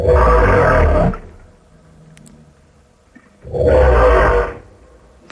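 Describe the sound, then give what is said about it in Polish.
Two long, deep roaring blasts, each about a second, separated by a couple of seconds of low rumbling quiet, like a whale roar sound effect with a heavy, booming low end. “No tak, wpadł do brzucha wieloryba.”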